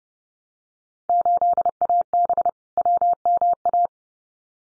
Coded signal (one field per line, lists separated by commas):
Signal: Morse code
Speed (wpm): 30 wpm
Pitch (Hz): 700 Hz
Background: none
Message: 8AB WMA